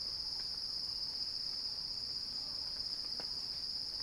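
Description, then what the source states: Cicadas droning in one continuous high-pitched buzz that never pauses, over a soft hiss of background noise. Cicada song described as a crescendo.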